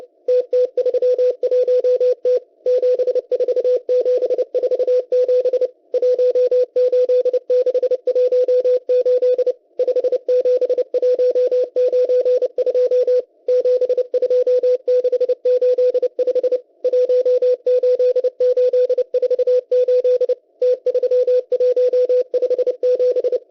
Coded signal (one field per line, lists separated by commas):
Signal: Morse code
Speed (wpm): 30 wpm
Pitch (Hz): 500 Hz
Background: radio noise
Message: TT31T 74747 18618 57192 72685 18848 T3157